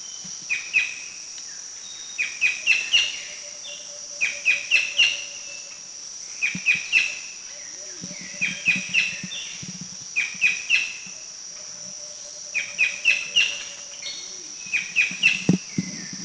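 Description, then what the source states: Rufous-lored kingfisher giving quick clusters of three or four piercing notes roughly every two seconds, with constant high-pitched insect drone and a soft low tone beneath. Recorded in the Philippines.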